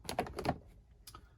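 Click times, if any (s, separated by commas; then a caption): 0.1 s, 0.2 s, 0.4 s, 0.5 s. A plastic factory tweeter cover is pressed back onto the dashboard of a 2019-or-later Mercedes Sprinter van. Its clips snap in with sharp clicks at 0.1, 0.2, 0.4 and 0.5 seconds, followed by a quieter tick at about 1.1 seconds. The cover is seated, snapped back on.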